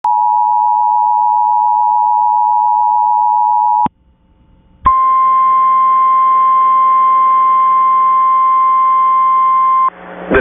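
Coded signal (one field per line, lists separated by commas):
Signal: Emergency Alert System (SAME) tones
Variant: 853 and 960 Hz attention tone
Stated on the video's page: Severe Thunderstorm Warning for Jackson County, Florida, issued by the National Weather Service and received on an FM broadcast station.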